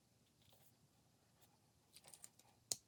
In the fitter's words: So it was actually this side, you heard that click.